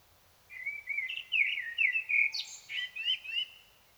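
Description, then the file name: Common blackbird song: a long, mellow, fluty warble with quick wavering notes, broken by a brief high squeak partway through. "Turdus merula"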